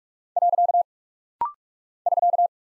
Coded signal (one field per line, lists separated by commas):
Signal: Morse code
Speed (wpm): 44 wpm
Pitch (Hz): 700 Hz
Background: none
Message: . <SK>